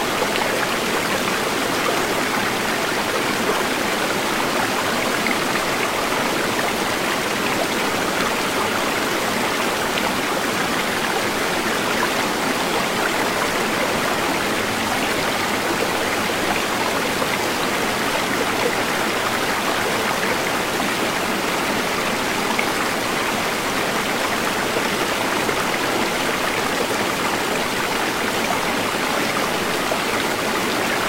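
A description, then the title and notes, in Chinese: A babbling stream runs steadily for the whole clip, a dense, even wash of rushing water with a bright hiss on top. The level stays constant from start to finish, unbroken, with very little low rumble and no other sounds. 潺潺流水 伴你入眠 白噪音。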